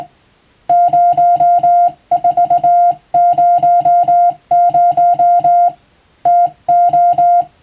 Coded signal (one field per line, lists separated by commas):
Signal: Morse code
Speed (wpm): 20 wpm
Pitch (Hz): 700 Hz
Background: music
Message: 0400 TO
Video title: 【Radio officer morse practice】This is a Morse code practice video. There is a morse exam in japan.